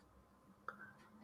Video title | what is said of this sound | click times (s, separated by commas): The Routemaster Show Episode 91 Again! | okay so the one on the right my right here had a really satisfying click | 0.7 s